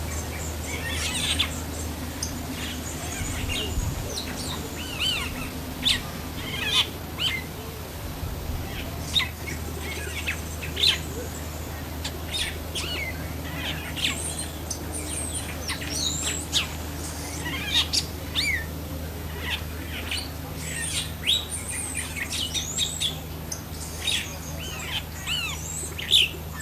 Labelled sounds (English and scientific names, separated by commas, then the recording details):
Bronze-tailed Starling (Lamprotornis chalcurus)
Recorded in captivity
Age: adult
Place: Zoo Berlin, Berlin, DE
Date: 2005-07-17 15:27
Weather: fair, 21 - 23°C
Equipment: Sony WM-D6C, Sony ECM-MS 907, Kopie Uher 4000 Report Monitor
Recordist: Tembrock, Günter